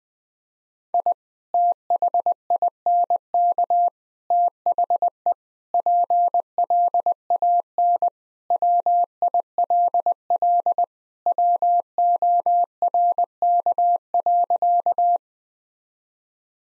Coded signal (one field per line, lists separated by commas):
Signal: Morse code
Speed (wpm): 21 wpm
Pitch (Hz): 700 Hz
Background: none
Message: I THINK THE PLAN WILL WORK.